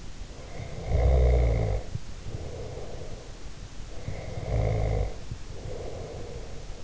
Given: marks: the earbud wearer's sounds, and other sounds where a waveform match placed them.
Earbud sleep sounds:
sounds in sleep by an in-ear microphone; snoring breath
0.23-3.40 s: snoring breath
3.81-6.83 s: snoring breath

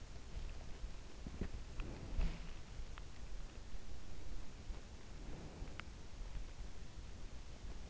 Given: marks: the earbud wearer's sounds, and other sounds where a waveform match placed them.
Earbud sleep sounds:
sounds in sleep by an in-ear microphone; breath
1.58-2.72 s: breath
4.87-6.07 s: breath

